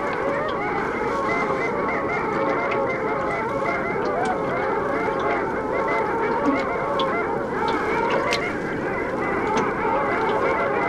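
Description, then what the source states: Long-tailed Ducks massed together, their nasal, rising-and-falling calls blending into an unbroken chorus, with faint clicks scattered through it. Flocks of long-tailed ducks out in the open sea of the Gulf of Finland, around late April before they continue migrating; the species calls its own name.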